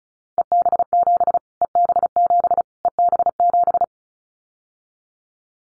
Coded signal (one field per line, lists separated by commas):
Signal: Morse code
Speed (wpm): 34 wpm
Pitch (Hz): 700 Hz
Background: none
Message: EB7 EB7 EB7